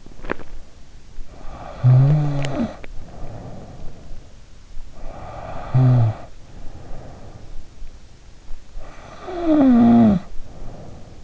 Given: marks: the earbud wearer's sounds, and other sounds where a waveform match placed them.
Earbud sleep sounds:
sounds in sleep by an in-ear microphone; teeth grinding, snoring breath
0.00-0.50 s: teeth grinding
1.14-4.20 s: snoring breath
2.04-2.93 s: teeth grinding
4.98-8.04 s: snoring breath
8.81-11.24 s: snoring breath

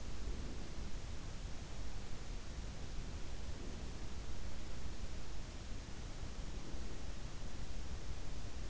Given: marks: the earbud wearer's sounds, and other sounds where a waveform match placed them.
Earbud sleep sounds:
sounds in sleep by an in-ear microphone; breath
0.00-0.92 s: breath
3.46-4.33 s: breath
6.22-7.30 s: breath

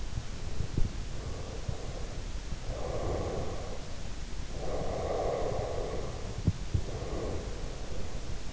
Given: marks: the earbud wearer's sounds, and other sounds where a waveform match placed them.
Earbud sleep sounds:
sounds in sleep by an in-ear microphone; breath
0.87-3.99 s: breath
4.70-8.53 s: breath

